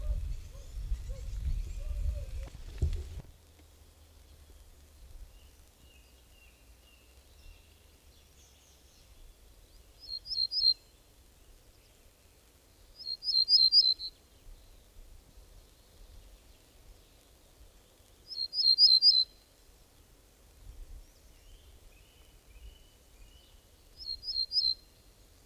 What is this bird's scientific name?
Emberiza hortulana